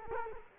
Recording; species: mosquito wingbeat signal from an infrared sensor; Culex quinquefasciatus